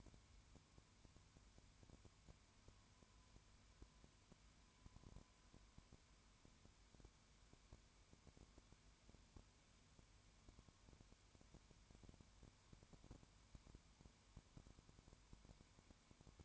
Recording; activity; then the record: daily activity, microphone in the room; no activity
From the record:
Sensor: 2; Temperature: 20.0 degrees Celsius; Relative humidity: 32.1%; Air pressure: 1001.1 hPa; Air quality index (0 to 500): 55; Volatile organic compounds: 1 ppm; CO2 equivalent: 604 ppm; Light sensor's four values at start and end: 2/3/2/2 and 2/3/2/2